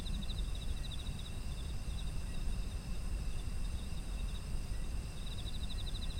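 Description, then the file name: Insect trills of fast pulses at the start and the end, over an unbroken high-pitched ringing chorus and steady deep rumble. Autumn insect ambience. "秋の虫の環境音"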